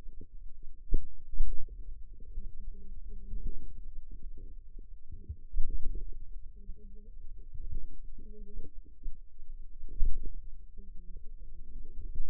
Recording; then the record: forearm muscle sounds (acoustic myography)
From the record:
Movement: pen grasping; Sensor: system 2, bracelet of six BSWA MPA416 microphones around the upper forearm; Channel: 5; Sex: female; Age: 21 years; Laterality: right